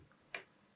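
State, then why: Seated. A larger vintage manual-focus lens is twisted onto the lens mount adapter on a Sony A7R II mirrorless camera until its metal bayonet locks. A faint tick at 0.1 s is followed by a sharp, bright click at 0.4 s, then quiet. The lens is seated on the adapter.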